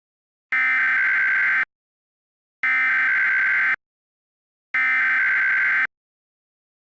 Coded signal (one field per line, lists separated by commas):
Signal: Emergency Alert System (SAME) tones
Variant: header bursts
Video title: (VALID TONES) (REUPLOAD) EAS Mock - 4 AM Test